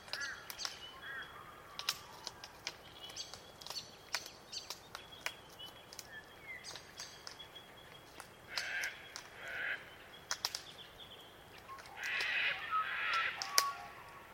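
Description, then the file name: Glossy black cockatoo giving a few short, rough, creaky calls late on, among frequent sharp clicks and cracks against a steady background hiss. Soundscape of melodic glossy black cockatoo calls. "melodic glossy black cuckatoos"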